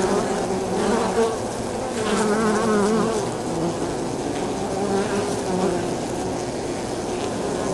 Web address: sonniss gdc audio. bees hive exterior landing zone very close stereo